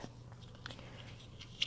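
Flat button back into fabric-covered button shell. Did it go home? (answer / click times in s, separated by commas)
yes / 1.6 s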